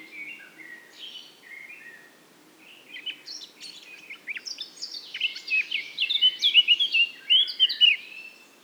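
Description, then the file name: Eurasian blackcap song beginning as a quiet, hesitant warble and building into fast, loud, varied fluty whistles. "Sylvia atricapilla"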